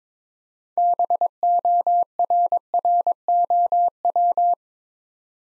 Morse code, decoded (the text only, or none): BORROW